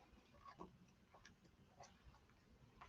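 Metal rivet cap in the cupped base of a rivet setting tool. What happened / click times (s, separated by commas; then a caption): Small metal part being rocked in a base, not yet snapped home / none. A metal rivet cap, the last 9 mm rivet from the bottom of the bag, is handled and rocked in the cupped base of a rivet setting tool before it is hammered. Light metallic ticks and taps are heard, with the sharpest at about 2.9 s. Nothing has seated or clicked into place yet.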